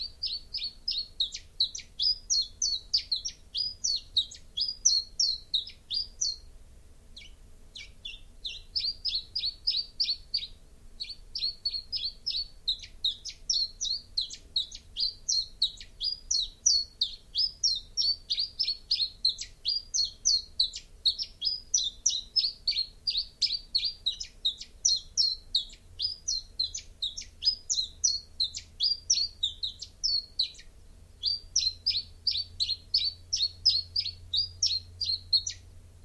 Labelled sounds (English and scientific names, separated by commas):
Common Chiffchaff (Phylloscopus collybita) song